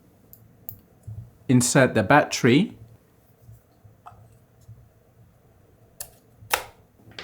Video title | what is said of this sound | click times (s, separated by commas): GoPro MAX 2 Beginners Guide & Quik App Editing Tutorial | a V30 microSD card and make sure it clicks into place. | 0.7 s